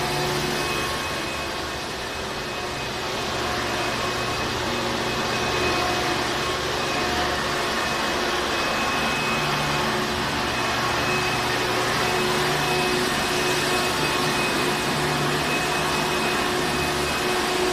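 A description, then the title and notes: A vacuum cleaner runs at a steady, unbroken roar with a constant low hum and a high whine, holding the same loudness throughout. A Vacuum.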